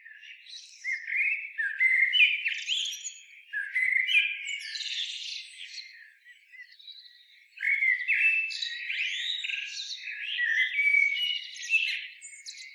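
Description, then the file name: Common blackbird giving two long stretches of busy, scratchy twittering with squeaks and slurred whistles, separated by a quieter pause in the middle. "Turdus merula"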